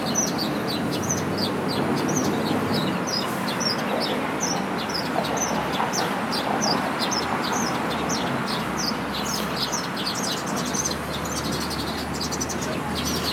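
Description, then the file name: Birds chirp steadily in short, high, evenly spaced notes for the whole stretch, set against a continuous hum of traffic. Recorded beside a road in Beijing on Valentine's Day. "song of birds on Valentines day by the road in beijing"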